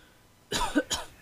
Sneeze.